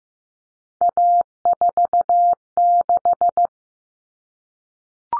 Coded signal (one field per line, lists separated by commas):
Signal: Morse code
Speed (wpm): 15 wpm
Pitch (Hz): 700 Hz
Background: none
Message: A46